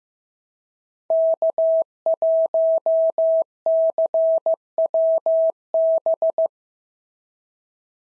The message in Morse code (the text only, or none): K1CWB